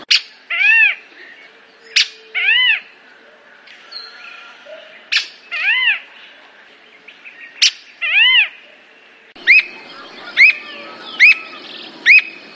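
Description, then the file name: Squirrel cuckoo calls: sharp clicking notes alternating with pairs of arched, ringing whistles, then a quicker run of short rising-falling notes near the end. "canto da alma de gato"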